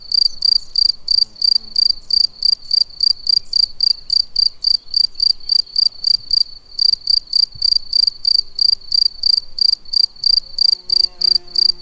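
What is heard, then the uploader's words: In Gemenc Forest, a cricket chirps in a steady, bright rhythm of short pulses, about two or three each second, with one brief pause near the middle. Faint low rumbles sit underneath, and soft tones creep in near the end. 匈牙利塞克斯扎德Gemenc Forest.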